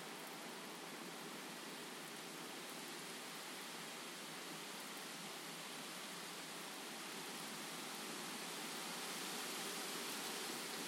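A massive storm roars as a dense, unbroken hiss of wind and rain. The sound stays steady and bright throughout, with almost nothing in the lowest range and no separate events, growing slightly louder toward the end.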